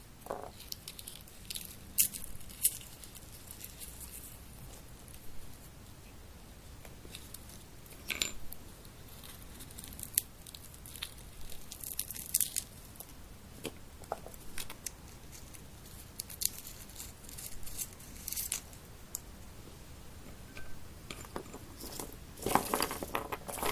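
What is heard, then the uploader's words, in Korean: Someone eats peanuts with a crunchy, crackling chew. Short bright crunches come in irregular clusters throughout, with sharper bursts near 2, 8, 12, 18 and 23 seconds. A faint steady hiss sits underneath between bites. 땅콩을 먹어볼게요. 오도독오도독.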